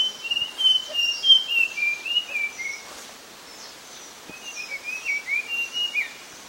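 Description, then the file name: Pale blue flycatcher song, sweet whistled phrases rising and falling in quick notes, with two bursts of song split by a brief pause and faint background hiss. "sikatan biru muda"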